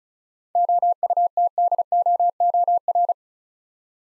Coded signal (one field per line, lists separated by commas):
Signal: Morse code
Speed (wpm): 36 wpm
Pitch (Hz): 700 Hz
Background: none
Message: OUTDOOR